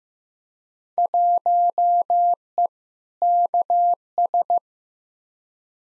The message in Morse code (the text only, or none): 1E KS